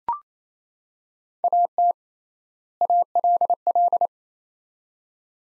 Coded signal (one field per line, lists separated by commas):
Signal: Morse code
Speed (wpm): 28 wpm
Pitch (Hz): 700 Hz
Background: none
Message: AT ALL